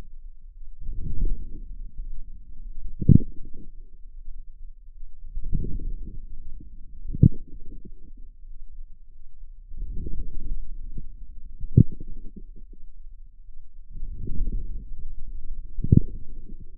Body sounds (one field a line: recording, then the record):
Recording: forearm muscle sounds (acoustic myography)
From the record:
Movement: outward rotation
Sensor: system 2, bracelet of six BSWA MPA416 microphones around the upper forearm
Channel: 4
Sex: female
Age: 23 years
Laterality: right